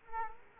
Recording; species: mosquito wingbeat signal from an infrared sensor; Culex quinquefasciatus